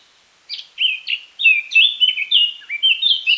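Eurasian Blackcap song: a continuous run of varied, liquid whistled notes, bright and rhythmic, rising and falling for about three seconds.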